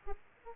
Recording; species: mosquito wingbeat signal from an infrared sensor; Aedes aegypti